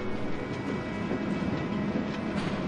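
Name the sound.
tram running on rails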